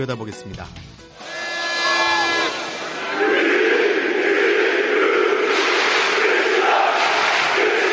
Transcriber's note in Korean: 녹취: 축구경기 현장음